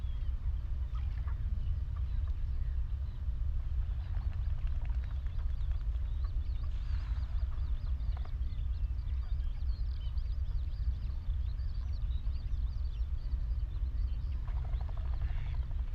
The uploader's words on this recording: The Hoo Peninsula is a vast open landscape on the Thames Estuary. The mics (recording alone) were lodged in a hawthorn tree on Higham Marshes nature reserve and pointed out over a watery marsh. Close to the mics lapwings, redshank and cetti's warblers call, as well as geese and ducks that are familiar sounds to us urban dwellers. Skylarks circle above the farmland straight ahead on the other side of the marsh.